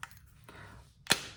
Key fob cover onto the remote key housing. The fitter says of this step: listen for the click got a rubber seal on there to keep it what you know water tight and then